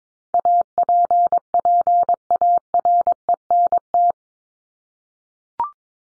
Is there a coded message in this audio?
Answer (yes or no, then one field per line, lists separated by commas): yes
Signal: Morse code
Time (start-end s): 0.3-4.1 s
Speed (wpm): 22 wpm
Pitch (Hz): 700 Hz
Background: none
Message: APPARENT